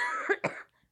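Adult woman with a cold. Cough that sounds like a child's croup cough.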